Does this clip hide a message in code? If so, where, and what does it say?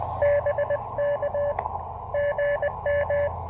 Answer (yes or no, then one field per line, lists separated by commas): yes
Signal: Morse code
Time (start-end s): 0.2-3.3 s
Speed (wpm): 20 wpm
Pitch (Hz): 590 Hz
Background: radio noise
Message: BK GM